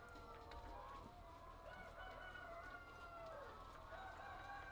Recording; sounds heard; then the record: poultry house recording; healthy chickens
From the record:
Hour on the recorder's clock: 8